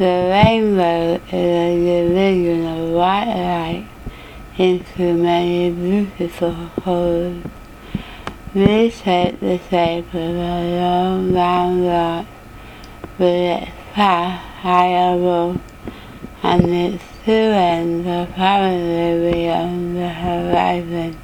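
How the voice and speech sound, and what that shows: Adult reading the Rainbow Passage aloud, with dysarthric speech.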